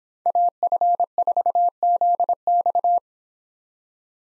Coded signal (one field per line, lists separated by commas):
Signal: Morse code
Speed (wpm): 29 wpm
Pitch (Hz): 700 Hz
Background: none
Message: AF4ZX